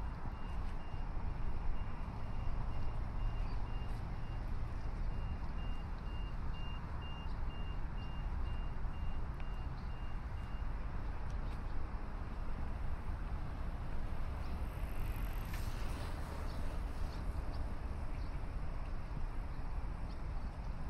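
A morning walk along a city river, with a constant low rumble of traffic filling the whole stretch. A thin steady tone, like a reversing beep, runs through the first half, and a brief sharper hiss rises around fifteen seconds.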